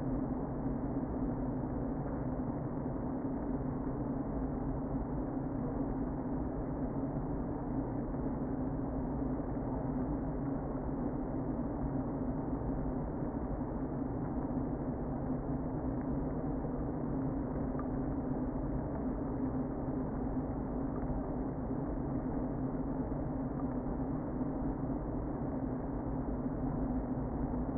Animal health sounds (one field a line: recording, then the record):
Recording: honeybee colony, microphone inside the hive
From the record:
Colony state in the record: queen present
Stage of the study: before two queens were removed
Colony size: about 60,000 bees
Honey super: yes